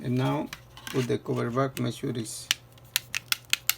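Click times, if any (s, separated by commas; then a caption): 3.0 s, 3.2 s, 3.3 s, 3.5 s, 3.7 s. Someone talks, then the plastic back cover of a Samsung SM-G530T smartphone is pressed back onto the housing after a battery replacement. Its perimeter clips snap in with a series of sharp clicks at 3.0, 3.2, 3.3, 3.5 and 3.7 seconds, and the cover is seated and locked.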